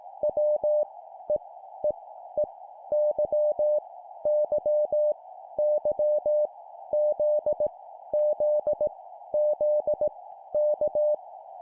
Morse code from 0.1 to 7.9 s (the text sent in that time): W E E E Y Y Y Z